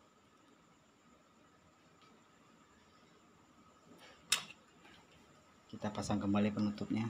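The plastic cover of an Epson L360 inkjet printer is handled as it is refitted over the printer mechanism after the print head has been replaced, with low background hum and a brief sharp tap near 4.3 s. Someone talks toward the end of the clip, and nothing has seated or clicked yet.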